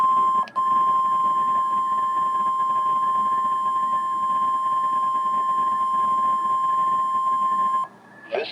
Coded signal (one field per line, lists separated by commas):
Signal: Emergency Alert System (SAME) tones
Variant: 1050 Hz attention tone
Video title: WXL40 RWT EAS #6 1/21/26